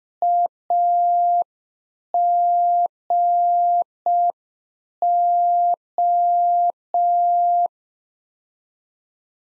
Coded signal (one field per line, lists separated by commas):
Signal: Morse code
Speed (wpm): 5 wpm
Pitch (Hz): 700 Hz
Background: none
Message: AGO